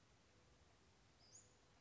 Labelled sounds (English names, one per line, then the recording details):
Western Flycatcher
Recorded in Sonoma County, California